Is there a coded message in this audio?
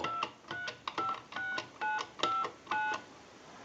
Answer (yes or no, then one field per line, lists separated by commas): yes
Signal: DTMF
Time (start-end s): 0.1-2.9 s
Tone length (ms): 180 ms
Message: 2356959